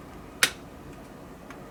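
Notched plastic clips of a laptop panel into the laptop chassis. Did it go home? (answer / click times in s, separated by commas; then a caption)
yes / 0.4 s, 1.5 s. During reassembly of a Surface Laptop Studio 2, a panel with notched plastic clips is tucked in and pressed down into the laptop chassis. A sharp, bright snap sounds at 0.4 s, followed by a much fainter click at 1.5 s, against a quiet background. The clips snap into place and the panel is seated.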